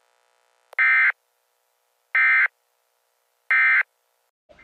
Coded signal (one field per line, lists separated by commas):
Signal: Emergency Alert System (SAME) tones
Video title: Tests (EAS 290-292)